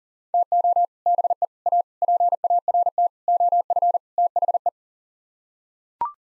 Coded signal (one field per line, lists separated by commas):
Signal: Morse code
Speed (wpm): 40 wpm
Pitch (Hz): 700 Hz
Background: none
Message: TO BE A PART OF THE